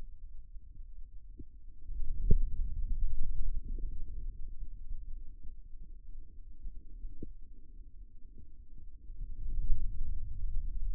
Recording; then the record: forearm muscle sounds (acoustic myography)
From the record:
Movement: ulnar deviation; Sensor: system 2, bracelet of six BSWA MPA416 microphones around the upper forearm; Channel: 2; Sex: male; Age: 22 years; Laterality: right